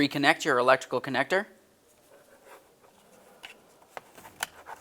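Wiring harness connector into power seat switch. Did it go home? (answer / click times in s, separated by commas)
yes / 4.4 s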